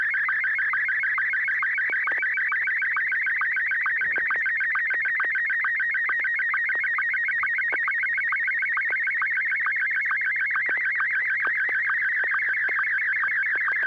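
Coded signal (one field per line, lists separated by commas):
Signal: SSTV (slow-scan television)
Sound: continuous warbling, chirping tone with a steady rhythmic ticking pulse underneath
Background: low steady hum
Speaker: Joel ai6 DG to go ahead and send a a picture when you're ready go ahead Joel I that's [Music] all right uh just received the photograph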